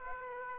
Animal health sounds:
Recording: mosquito wingbeat signal from an infrared sensor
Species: Aedes aegypti

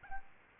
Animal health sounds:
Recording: mosquito wingbeat signal from an infrared sensor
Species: Aedes albopictus

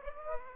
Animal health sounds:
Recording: mosquito wingbeat signal from an infrared sensor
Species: Aedes aegypti

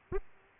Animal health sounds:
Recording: mosquito wingbeat signal from an infrared sensor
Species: Aedes aegypti

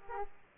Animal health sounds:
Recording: mosquito wingbeat signal from an infrared sensor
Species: Aedes aegypti

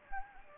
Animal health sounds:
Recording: mosquito wingbeat signal from an infrared sensor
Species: Anopheles gambiae

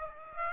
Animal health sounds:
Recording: mosquito wingbeat signal from an infrared sensor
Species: Aedes aegypti

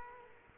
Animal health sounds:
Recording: mosquito wingbeat signal from an infrared sensor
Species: Culex quinquefasciatus

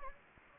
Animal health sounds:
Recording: mosquito wingbeat signal from an infrared sensor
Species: Anopheles gambiae

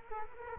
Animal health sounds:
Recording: mosquito wingbeat signal from an infrared sensor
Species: Culex quinquefasciatus

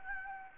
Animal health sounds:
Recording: mosquito wingbeat signal from an infrared sensor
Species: Anopheles gambiae

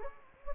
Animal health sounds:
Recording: mosquito wingbeat signal from an infrared sensor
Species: Anopheles gambiae

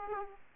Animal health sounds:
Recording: mosquito wingbeat signal from an infrared sensor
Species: Aedes aegypti

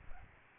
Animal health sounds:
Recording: mosquito wingbeat signal from an infrared sensor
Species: Aedes albopictus

